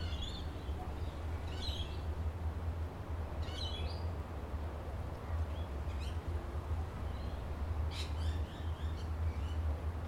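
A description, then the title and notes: Birds call outside a building overlooking a beach, with short bright chirps and warbles scattered through the clip, clustering around the start, the middle and near the end. Underneath runs a steady low rumble, like surf or traffic, constant throughout. Overlooking Tamarama Beach, Bondi, Sydney,. This recording comes from outside the building we stayed in overlooking the beautiful Tamarama Beach, which neighbors the well-known Bondi Beach outside of Sydney. It was a particularly windy, but beautiful day that I was able to capture without too much disturbance from the wind gusts.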